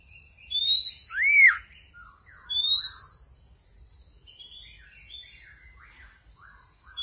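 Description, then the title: Magpie-robin or shama song with loud clear rising whistles and a looping slurred note, followed by softer scratchy warbled phrases. "Suara Burung Murai"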